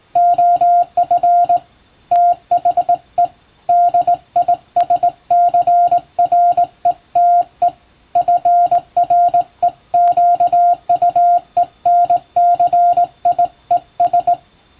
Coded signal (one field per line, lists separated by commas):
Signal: Morse code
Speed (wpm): 20 wpm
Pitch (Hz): 700 Hz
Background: music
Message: OF THE DISCRETE FREQUENCIES